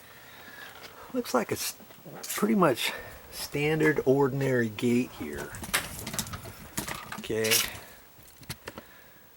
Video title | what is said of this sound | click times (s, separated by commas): How to fix a sticking gate latch...Part 1 | But that's what's giving it the issue right there. It's not latching into place properly. | none